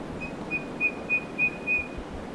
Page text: Bird Eastern Yellow Robin Call 01. Birds in Queensland